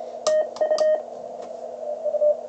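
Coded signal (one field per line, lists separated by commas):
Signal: Morse code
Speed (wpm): 24 wpm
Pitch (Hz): 620 Hz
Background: none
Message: TU U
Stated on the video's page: 20 m QRP CW contest contact in CQ WPX on 14.012.4 MHz, 3 watts from a Hendricks PFR-3 transceiver into a small 3-element Yagi 12 metres up.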